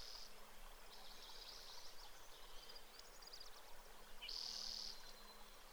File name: Brewer's Sparrow